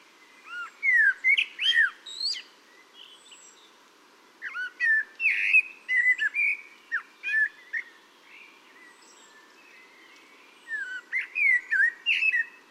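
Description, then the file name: Common blackbird song in separate bursts of rich fluty whistles mixed with squeaky high twitters, with pauses of a couple of seconds between phrases. "Turdus merula"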